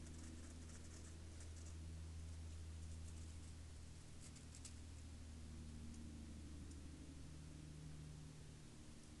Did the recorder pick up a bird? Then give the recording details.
no. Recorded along the Dalton Highway, Alaska, on 9 April 2019 at 05:58. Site 05